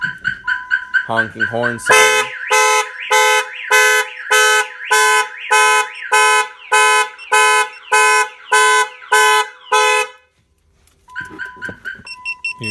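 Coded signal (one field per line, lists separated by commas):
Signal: alarm pattern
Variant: Viper car alarm siren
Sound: loud pulsing electronic siren, about 13 harsh blasts with falling whoops, steady beep before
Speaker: soon as you reach in open up the doors fire off the alarm system here's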